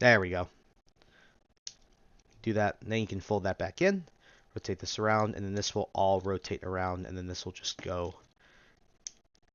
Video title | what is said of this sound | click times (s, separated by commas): VIDEO REVIEW: Transformers Studio Series Transformers: One - Deluxe Class Starscream | snap into place like so. | 9.1 s